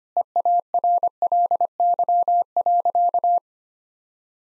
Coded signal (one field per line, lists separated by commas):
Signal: Morse code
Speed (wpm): 25 wpm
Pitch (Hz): 700 Hz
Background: none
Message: EARLY.